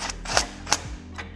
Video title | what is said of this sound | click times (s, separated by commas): Toro Grandstand P M | Just till it clicks. | 0.4 s, 0.7 s